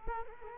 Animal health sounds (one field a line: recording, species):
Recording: mosquito wingbeat signal from an infrared sensor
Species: Culex quinquefasciatus